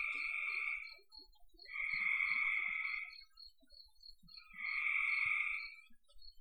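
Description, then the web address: Frog chorus with buzzy trilled bursts swelling roughly every three seconds, separated by quieter gaps with faint clicks. "cn frogs"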